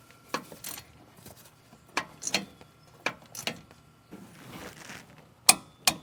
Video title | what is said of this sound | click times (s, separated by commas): No More ABS Light On on This Ford Ranger - PART 2 - Meet Our New Team Member ( it's Fixed ) | Nice. I hope you heard the torque wrench click. | 5.5 s, 5.9 s